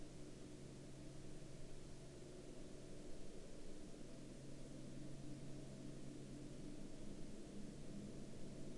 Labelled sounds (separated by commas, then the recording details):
man-made sound
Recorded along the Dempster Highway, Canada, on 8 April 2019 at 16:47
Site 13